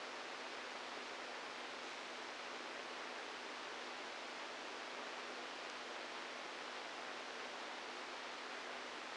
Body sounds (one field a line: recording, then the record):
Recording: brain microelectrode recording played as sound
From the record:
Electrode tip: outside the subthalamic nucleus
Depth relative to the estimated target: 4 mm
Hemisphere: right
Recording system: NeuroSet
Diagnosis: Parkinson's disease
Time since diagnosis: 8 years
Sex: male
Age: 46 years